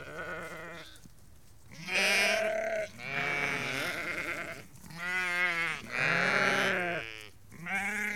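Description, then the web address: Sheep bleating in a chorus of overlapping, wavering bleats of varied pitch, some deep and some higher, following one another almost without pause. About 30 to 50 ewes and lambs calling. "The BBC Sound Effects Library Livestock About 30-50 Ewes and Lambs Calling"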